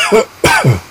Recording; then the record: coughing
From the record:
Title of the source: Dry Afternoon Cough